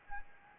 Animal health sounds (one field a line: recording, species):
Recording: mosquito wingbeat signal from an infrared sensor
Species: Anopheles gambiae